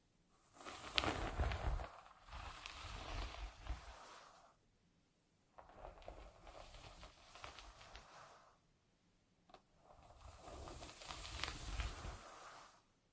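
Hair is gently combed in slow, soft strokes, each a dry, hissing brush of bristles through hair with a faint low rustle beneath. Three long passes come, from about 0.5 to 4.5 seconds, 5.5 to 9, and 10 to 13, separated by brief silences.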